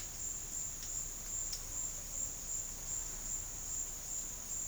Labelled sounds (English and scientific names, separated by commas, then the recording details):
none
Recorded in dense forest near Puerto Asís, Putumayo, Colombia, on 4 March 2025 at 13:00
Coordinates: 0.484, -76.325
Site G045